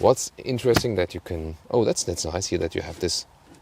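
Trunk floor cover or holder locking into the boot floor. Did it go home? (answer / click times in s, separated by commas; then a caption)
no / none. In the boot of a Genesis GV70 EV SUV, a trunk floor fitting, the underfloor cover or a holder that locks into the boot floor, is handled while someone talks. Nothing has seated or clicked yet; the fitting is not yet home or secured.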